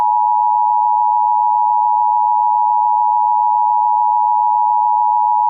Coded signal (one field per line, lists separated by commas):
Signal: Emergency Alert System (SAME) tones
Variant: 853 and 960 Hz attention tone